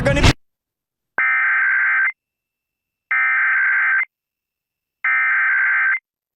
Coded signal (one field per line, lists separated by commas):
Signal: Emergency Alert System (SAME) tones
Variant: header bursts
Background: speech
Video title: Pennsylvania RMT for November and December 2023 [EAS #1,141-1,155]